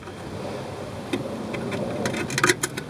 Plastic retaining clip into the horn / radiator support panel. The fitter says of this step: it right in till it clicks good